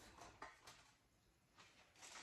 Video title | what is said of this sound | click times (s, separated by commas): WARNING ⚠️ PREPARE! + So You’re Storing Your Food, But How Will You Cook It? AGNB Pt. 2 | So the bottom part is locked into place. | 0.4 s